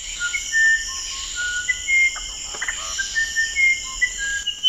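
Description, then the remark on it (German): Song of a musician wren (uirapuru), a small bright yellow-red bird of the Amazon region: a series of pure, flute-like whistled notes at varying pitches, spaced with short pauses, over a steady high insect buzz of the rainforest. “Einer der Dichter unter den Singvögeln ist sicher der Flagolettzaunkönig, auch wenn er Alfred Brehm wahrscheinlich unbekannt war.”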